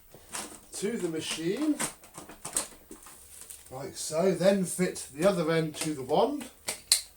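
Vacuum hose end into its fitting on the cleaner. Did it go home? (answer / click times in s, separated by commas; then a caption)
yes / 6.9 s. Someone talks while fitting the plastic end of the hose of a Dyson DC33 vacuum cleaner onto its fitting on the cleaner. The hose end is pushed on until it clicks and locks in at 6.9 s, a sharp click heard after the speech.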